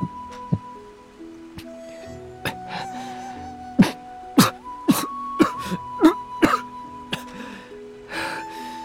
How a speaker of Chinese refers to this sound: 喉咙干涩发疼，差点没被噎死，他剧烈咳嗽起来，牵动内伤，连眼睛都印上一层湿润。